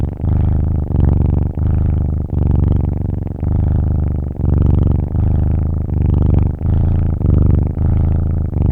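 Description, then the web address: Cat: kitten purring, a deep continuous rumbling purr that swells and breaks with each breath, roughly every second. Kitten purring; looped sound effect. "مجموعه افکت صدا حیوانات SES Animals SFX Kitten Purring"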